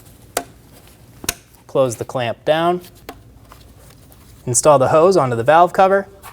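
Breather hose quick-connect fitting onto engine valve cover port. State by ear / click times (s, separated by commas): not seated / none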